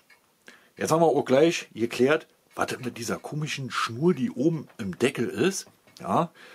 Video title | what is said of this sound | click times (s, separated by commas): DDR Feldfernsprecher FF 63 und Versionen | Da wird das Ding vom Prinzip her nur eingerastet. So, | 0.5 s